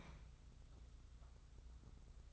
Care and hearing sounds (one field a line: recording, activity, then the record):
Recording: daily activity, microphone in the room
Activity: open fridge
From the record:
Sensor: 3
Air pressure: 991.0 hPa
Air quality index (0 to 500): 121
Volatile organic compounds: 99 ppm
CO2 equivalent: 3748 ppm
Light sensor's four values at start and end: 28/68/27/26 and 28/68/27/26